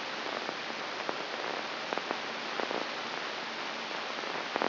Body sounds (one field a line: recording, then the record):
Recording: brain microelectrode recording played as sound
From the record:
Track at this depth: inside the subthalamic nucleus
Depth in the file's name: 3.343 mm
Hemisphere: right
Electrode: 3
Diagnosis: Parkinson's disease